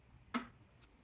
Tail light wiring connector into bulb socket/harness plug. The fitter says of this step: There we go. It's clipped in there, locked into place.